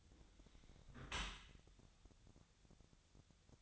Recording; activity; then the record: daily activity, microphone in the room; close dishwasher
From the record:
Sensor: 3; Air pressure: 1006.8 hPa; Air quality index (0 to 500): 207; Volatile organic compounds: 19 ppm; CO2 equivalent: 2641 ppm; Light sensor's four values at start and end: 11/26/11/11 and 11/26/11/11